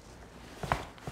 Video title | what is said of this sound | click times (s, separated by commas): Facebook Live: Ex-display pushchairs | pop my seat unit on so that will just click into place | 0.7 s